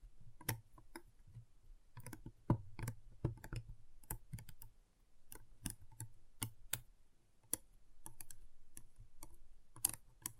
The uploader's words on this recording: ASMR Intense Magnetic Tingles (No Talking).